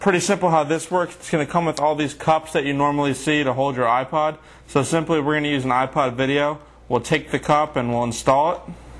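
A man talks while handling a plastic iPod adapter cup for an iPod video, about to press it into the docking port of a Digicom Digital 3 Piece Speaker Set for iPod, which plugs into the back of the subwoofer. Only speech is heard, with no click or impact sounds. The clip ends before the cup goes home; nothing has seated or clicked yet.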